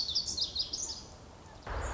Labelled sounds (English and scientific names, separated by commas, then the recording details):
Pacific Wren (Troglodytes pacificus)
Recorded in Sonoma County, California